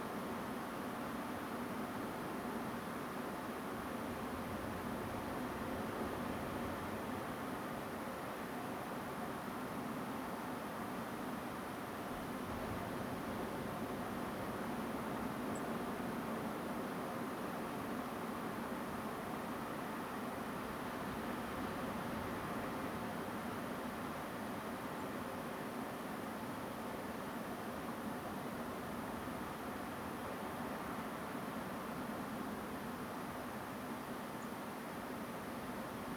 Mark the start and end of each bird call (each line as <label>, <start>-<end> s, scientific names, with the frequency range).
Turdus philomelos (7.4-9.1 kHz), 15.54-15.60 s
Turdus philomelos (6.8-7.8 kHz), 24.99-25.03 s
Turdus philomelos (6.5-7.5 kHz), 34.41-34.45 s